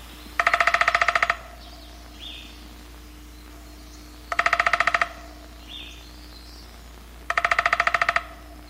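Downy Woodpecker drumming: three short, even bursts of rapid taps about three seconds apart, with faint brief whistles between them and a low steady hum underneath.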